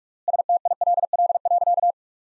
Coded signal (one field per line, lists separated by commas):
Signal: Morse code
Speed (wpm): 46 wpm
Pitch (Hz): 700 Hz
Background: none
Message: STILL.